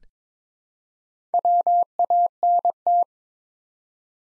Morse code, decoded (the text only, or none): WANT